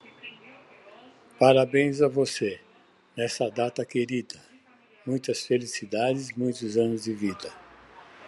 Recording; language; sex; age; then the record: short text; Brazilian Portuguese; male; 70 to 79 years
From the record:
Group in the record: control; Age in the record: 77 years